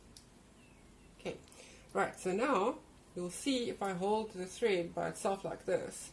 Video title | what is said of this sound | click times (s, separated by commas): How to bring up your bottom ( bobbin) thread to the top for sewing | there, and you'll hear a tiny click. | 0.2 s